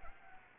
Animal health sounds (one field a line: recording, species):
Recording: mosquito wingbeat signal from an infrared sensor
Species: Anopheles arabiensis